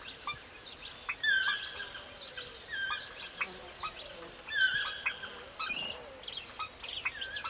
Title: Звуки птиц в лесу. Morning birdsong in the forest